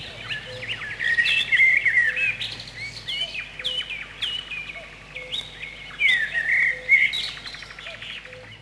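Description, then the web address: Common blackbird song: fluty warbled phrases, with a low hum underneath. Recorded in spring. "vremena vesna drozd chjorni"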